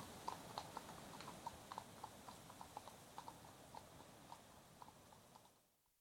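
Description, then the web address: Horse hoofbeats fading away, faint uneven clops on hard ground sinking into wind noise before the sound drops out at the end. Two horses passing at a walk on a tarmac road, moving left to right, with some wind in trees. "BBC Horses Walking. two horses pass at walk on tarmac road, left to right, some wind in trees"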